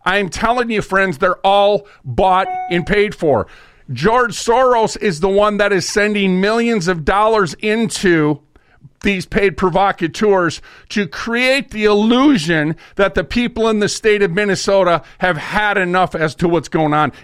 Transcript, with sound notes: I'm telling you, friends, they're all bought (bell rings) and paid for. George Soros is the one that is sending millions of dollars into these paid provocateurs to create the illusion that the people in the State of Minnesota have had enough as to what's going on.